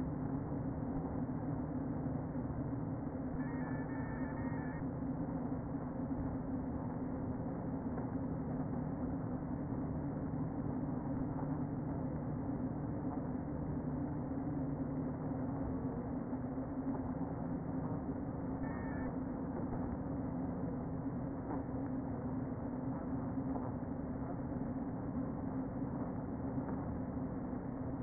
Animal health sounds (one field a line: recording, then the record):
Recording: honeybee colony, microphone inside the hive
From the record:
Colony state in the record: queen present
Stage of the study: before two queens were removed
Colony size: about 60,000 bees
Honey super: yes